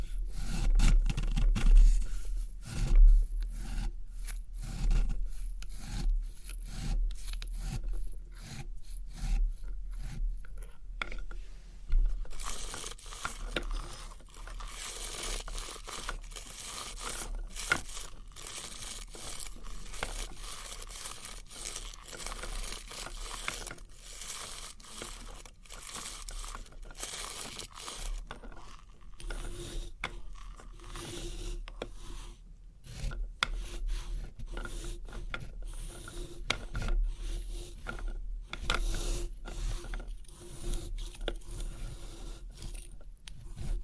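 Scratching and rubbing on test tubes fills the clip in quick, uneven strokes. The first twelve seconds bring louder, duller bursts; after that the rasping turns brighter and hissier and keeps up steadily to the end over a constant low hum.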